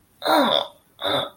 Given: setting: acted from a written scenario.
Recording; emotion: vocal sound without words; pain